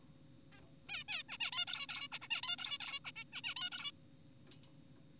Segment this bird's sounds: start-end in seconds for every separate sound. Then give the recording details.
0.52-0.61, 0.89-1.04, 1.08-1.23, 1.29-1.38, 1.40-1.51, 1.52-1.66, 1.68-1.87, 1.89-2.08, 2.12-2.19, 2.22-2.28, 2.31-2.42, 2.43-2.56, 2.58-2.78, 2.80-3.00, 3.05-3.12, 3.16-3.24, 3.33-3.42, 3.44-3.54, 3.56-3.70, 3.72-3.91. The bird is an adult. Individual g4p5U